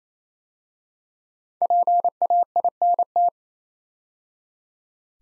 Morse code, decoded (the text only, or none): PAINT